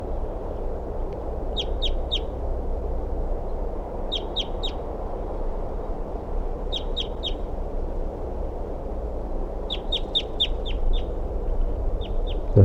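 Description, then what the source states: Crossbill calls: short, sharp chip notes in quick clusters of several, repeated every two to three seconds over a steady low rumble. Male near the nest tree at 9:40 a.m., calling in response to other birds.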